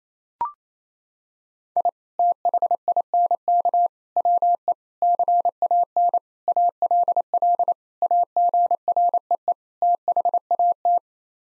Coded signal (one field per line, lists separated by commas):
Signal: Morse code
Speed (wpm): 28 wpm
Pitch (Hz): 700 Hz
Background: none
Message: I THINK WE CAN ALL AGREE THAT